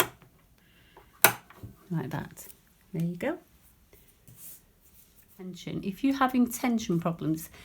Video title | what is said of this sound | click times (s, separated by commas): How to Thread your 🧵 Lidl Singer Tradition Tutorial 2282 ✂️🧵🌸 | this should click in place without any problems like | 1.2 s